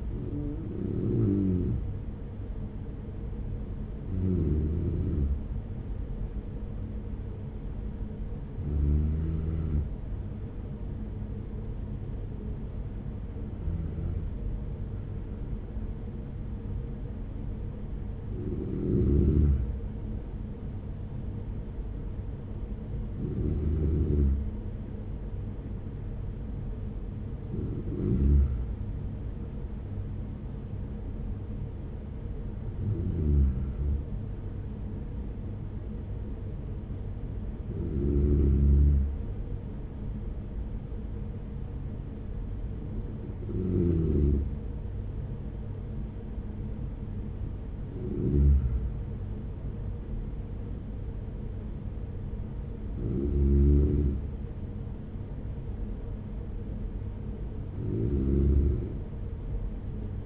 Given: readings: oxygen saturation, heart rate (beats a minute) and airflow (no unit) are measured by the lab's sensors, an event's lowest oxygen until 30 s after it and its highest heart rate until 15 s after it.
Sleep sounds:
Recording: breathing in sleep by a smartphone at the bedside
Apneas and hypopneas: none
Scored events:
none scored
From the record:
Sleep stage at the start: N2 (light sleep)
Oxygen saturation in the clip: 94 to 96%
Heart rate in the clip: 45 to 49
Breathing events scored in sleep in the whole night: 210 in 6.9 hours asleep

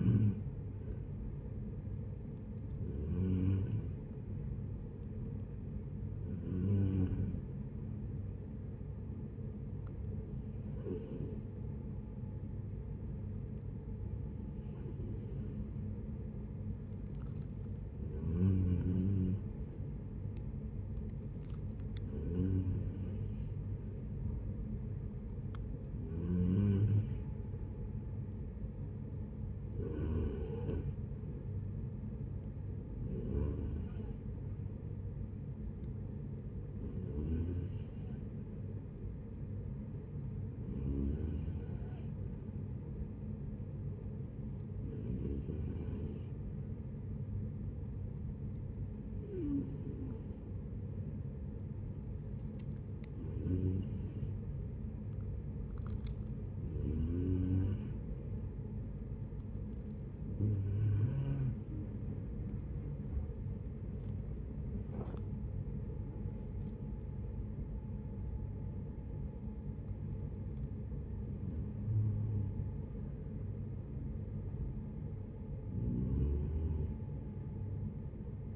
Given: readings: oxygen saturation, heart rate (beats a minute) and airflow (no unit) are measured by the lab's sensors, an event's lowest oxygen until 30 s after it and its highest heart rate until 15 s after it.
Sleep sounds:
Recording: breathing in sleep by a smartphone at the bedside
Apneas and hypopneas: 2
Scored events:
5.00-17.70 s: hypopnea (N2, oxygen 93% highest, then 89% lowest, heart rate 73 at the start, 73 highest)
46.00-60.30 s: hypopnea (N2, oxygen 92% highest, then 90% lowest, heart rate 69 at the start, 79 highest)
53.00-78.56 s: new sleep stage, N1 (lightest sleep)
From the record:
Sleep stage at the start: N2 (light sleep)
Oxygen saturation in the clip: 89 to 93%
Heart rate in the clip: 66 to 79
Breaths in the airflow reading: 21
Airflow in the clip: -11.3 to 8.9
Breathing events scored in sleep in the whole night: 496 in 5.4 hours asleep

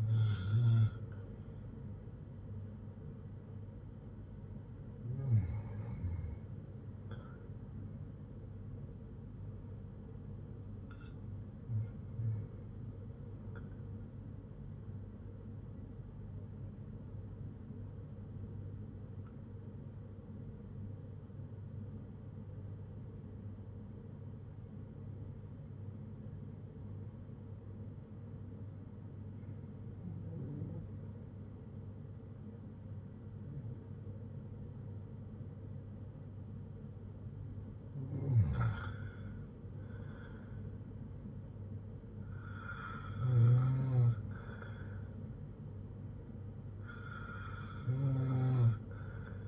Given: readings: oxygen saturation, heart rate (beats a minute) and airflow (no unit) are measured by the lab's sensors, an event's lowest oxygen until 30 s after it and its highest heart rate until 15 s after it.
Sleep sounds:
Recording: breathing in sleep by a smartphone at the bedside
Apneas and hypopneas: 1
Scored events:
17.00-39.20 s: hypopnea (N1, oxygen 96% highest, then 92% lowest, heart rate 59 at the start, 64 highest)
From the record:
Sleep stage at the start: N1 (lightest sleep)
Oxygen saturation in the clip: 94 to 96%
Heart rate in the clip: 54 to 64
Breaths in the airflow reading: 10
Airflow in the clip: -6.1 to 7.5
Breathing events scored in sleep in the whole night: 182 in 7.4 hours asleep

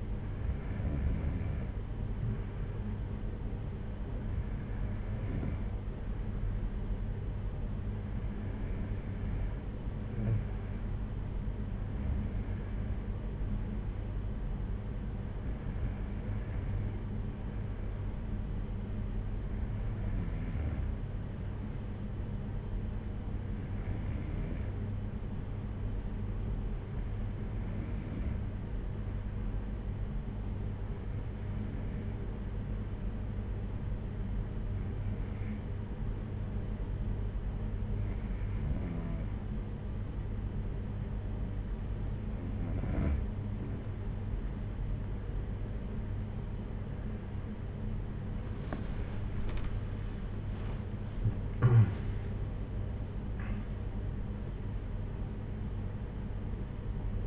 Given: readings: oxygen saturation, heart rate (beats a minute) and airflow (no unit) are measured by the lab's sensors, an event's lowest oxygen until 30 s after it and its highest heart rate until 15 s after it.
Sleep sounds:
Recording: breathing in sleep by a smartphone at the bedside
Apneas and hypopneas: 1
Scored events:
22.00-46.50 s: hypopnea (N2, oxygen 94% highest, then 92% lowest)
55.00-57.27 s: new sleep stage, N1 (lightest sleep)
From the record:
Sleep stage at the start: N2 (light sleep)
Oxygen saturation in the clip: 92 to 94%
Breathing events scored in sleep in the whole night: 226 in 8.8 hours asleep

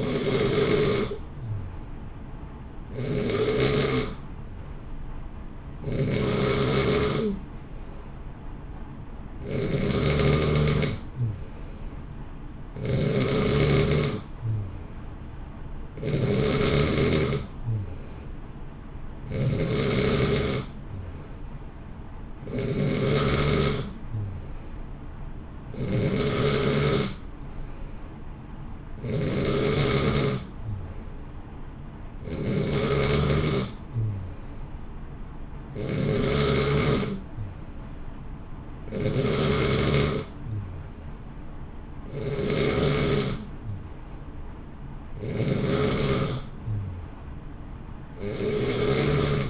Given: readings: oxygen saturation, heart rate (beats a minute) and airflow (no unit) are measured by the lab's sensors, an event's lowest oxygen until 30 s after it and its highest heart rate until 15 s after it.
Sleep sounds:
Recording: breathing in sleep by a smartphone at the bedside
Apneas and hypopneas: none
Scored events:
none scored
From the record:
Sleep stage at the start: N2 (light sleep)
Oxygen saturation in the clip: 89 to 91%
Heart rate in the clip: 58 to 65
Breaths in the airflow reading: 19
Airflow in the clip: -0.7 to 0.7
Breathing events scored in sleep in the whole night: 328 in 6.3 hours asleep

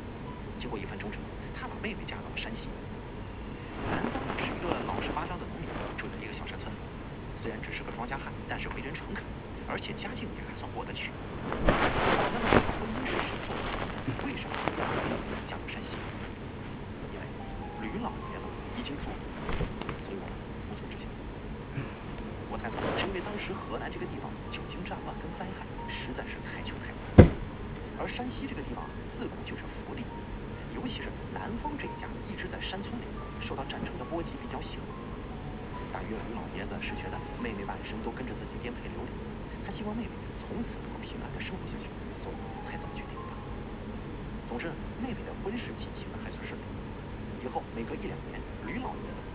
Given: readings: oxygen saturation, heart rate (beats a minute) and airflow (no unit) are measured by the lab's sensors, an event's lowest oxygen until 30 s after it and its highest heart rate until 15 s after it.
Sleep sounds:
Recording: a person awake in a sleep study, by a voice recorder at the bedside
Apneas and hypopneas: none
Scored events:
0.00-49.34 s: awake
From the record:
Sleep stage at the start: awake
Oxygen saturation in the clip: 94 to 96%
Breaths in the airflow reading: 8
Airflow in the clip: -3.7 to 5.7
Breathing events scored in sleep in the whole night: 335 in 6.7 hours asleep

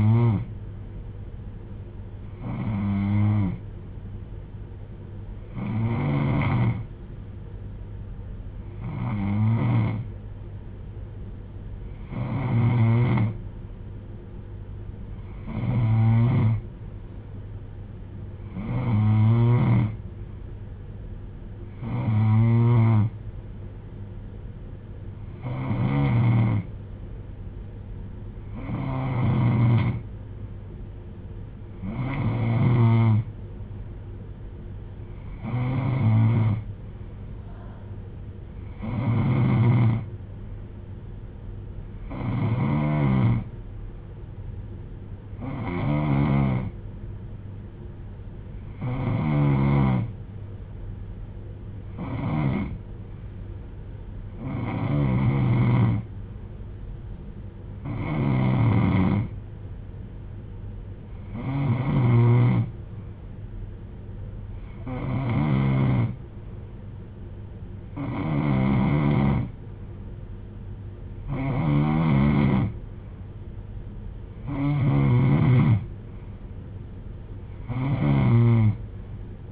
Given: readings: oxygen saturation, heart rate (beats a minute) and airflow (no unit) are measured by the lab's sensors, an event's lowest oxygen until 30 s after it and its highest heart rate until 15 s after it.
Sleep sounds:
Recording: breathing in sleep by a smartphone at the bedside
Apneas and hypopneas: 1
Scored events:
6.00-18.70 s: hypopnea (N2, oxygen 94% highest, then 90% lowest)
72.00-79.52 s: new sleep stage, N3 (deep sleep)
From the record:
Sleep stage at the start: N2 (light sleep)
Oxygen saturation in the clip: 89 to 94%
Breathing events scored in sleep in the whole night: 310 in 8.1 hours asleep

